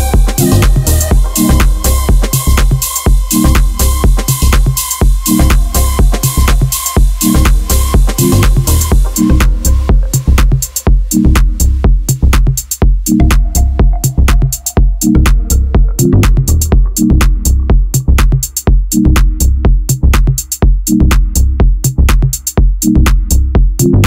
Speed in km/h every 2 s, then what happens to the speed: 76, 72, 71, 69, 69, 70, 71, 71, 71, 72, 73, 74.
0-6 slows to 69. 6-24 steady at about 71.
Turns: none.